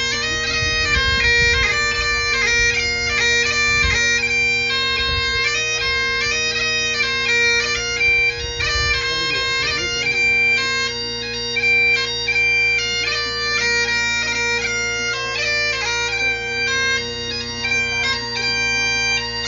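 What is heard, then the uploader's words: A bagpipe plays a traditional tune, loud and unbroken, its steady low drones holding beneath a bright, quickly ornamented melody throughout. A quiet and misty morning outside the Highland Games Centre in Braemar, Scotland. Traditional Scottish bagpipe player.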